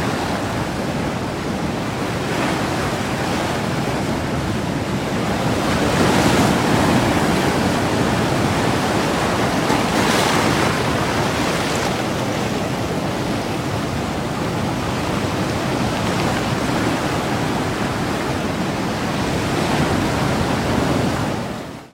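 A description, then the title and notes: An ocean breeze blows in a dense, steady rush that fills the low and high ranges alike. It swells gently between about six and twelve seconds, with brief brighter gusts or surf washes near 2, 6 and 10 seconds, then eases and fades out at the end. Ocean_Breeze.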